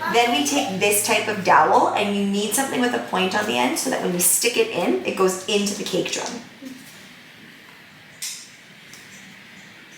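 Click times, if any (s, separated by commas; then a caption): 8.2 s. A 10-year-old pushes a pointed cake dowel down through a layered, buttercream-covered cake until its tip bites into the cardboard cake drum underneath. Someone talks for the first six seconds, then it goes quiet and a small click is heard at 8.2 s as the dowel enters the drum, seating it.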